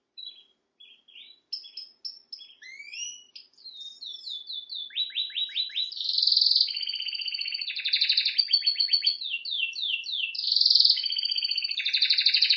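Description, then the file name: Canary singing: scattered whistled notes build into rapid descending sweeps, then loud rolling trills alternating with quick chipping runs. "Canary Voice"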